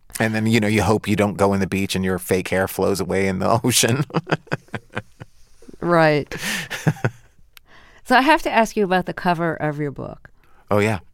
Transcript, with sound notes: And then, you know, you hope you don't go in the beach and your fake hair flows away in the ocean (laughter).
Right. So I have to ask you about the cover of your book.